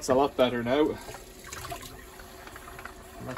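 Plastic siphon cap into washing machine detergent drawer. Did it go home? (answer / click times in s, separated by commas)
no / none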